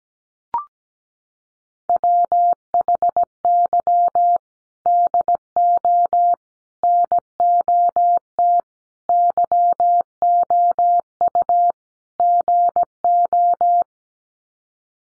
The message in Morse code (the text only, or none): WHY DO NOT YOU GO